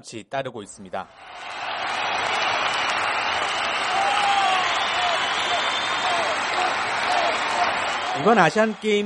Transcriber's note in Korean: 녹취: 경기장 관중 함성